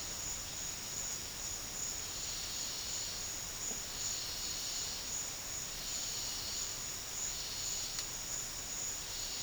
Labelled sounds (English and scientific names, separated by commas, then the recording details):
none
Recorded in dense forest near Puerto Asís, Putumayo, Colombia, on 13 March 2025 at 13:00
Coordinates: 0.484, -76.325
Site G045